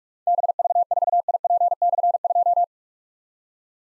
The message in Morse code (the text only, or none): BV4IP/2